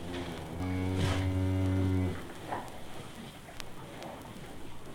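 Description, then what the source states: Cow giving one deep, drawn-out low moo. In a barn.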